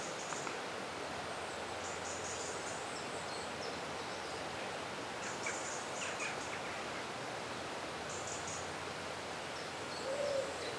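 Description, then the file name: Birds singing, with clusters of high chirping notes coming in separate bursts and a faint lower note near the end, over a steady hiss. Birdsong recorded in a forest. "Forest Birdsong - Soothing Birds"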